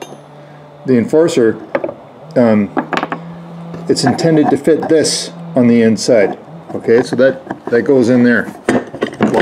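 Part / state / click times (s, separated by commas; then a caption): action screw bedding fitting into wooden rifle stock / seated / 9.2 s. Someone talks while fitting a metal bedding piece for the action screw into the inside of the wooden fore-end of an Enforcer-style rifle stock. A few wood-and-metal knocks come around 2.9–3.1 s and again near 9.0 s. A sharp final hit at 9.2 s marks the fitting locking in place.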